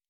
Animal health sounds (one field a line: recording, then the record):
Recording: hydrophone in a shrimp aquaculture tank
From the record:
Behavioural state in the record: normal